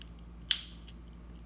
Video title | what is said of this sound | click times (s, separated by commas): First wheel swap | boom you gotta click | 0.5 s